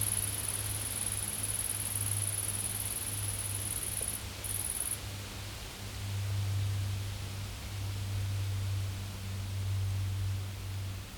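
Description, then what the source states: Insect producing a high, even buzzing trill for about four seconds, a short break, another brief burst, then silence apart from a low droning hum. Insects recorded in a field.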